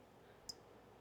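A new crimped terminal pin is pushed into cavity 1 of a CPC4 wiring harness connector. A single sharp, high-pitched click is heard at 0.5 s over a quiet background. The pin is seated and then tug-tested to confirm it holds.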